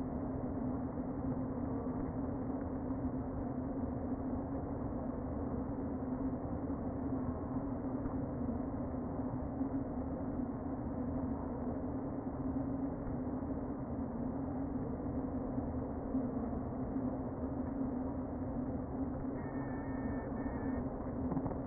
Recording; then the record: honeybee colony, microphone inside the hive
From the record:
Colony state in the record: queen present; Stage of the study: before two queens were removed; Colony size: about 60,000 bees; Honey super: yes